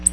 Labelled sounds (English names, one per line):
Black-throated Blue Warbler flight call